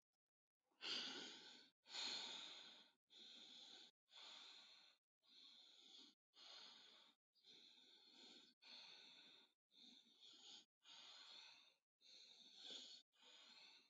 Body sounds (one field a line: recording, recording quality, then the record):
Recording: deep breathing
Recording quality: excellent, no background noise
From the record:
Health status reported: healthy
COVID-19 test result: not tested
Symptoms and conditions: none ticked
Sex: female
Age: 21 years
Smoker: not ticked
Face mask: not worn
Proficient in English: yes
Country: India